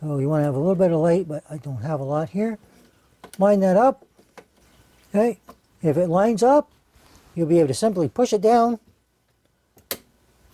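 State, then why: Seated. A RAM stick is lined up and pushed down into a motherboard DIMM slot while someone talks. After a quiet pause, a sharp click at 9.9 s marks the retention latch snapping shut. The memory module is seated.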